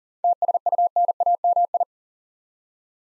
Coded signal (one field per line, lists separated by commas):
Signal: Morse code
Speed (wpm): 38 wpm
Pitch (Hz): 700 Hz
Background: none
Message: TSUNAMI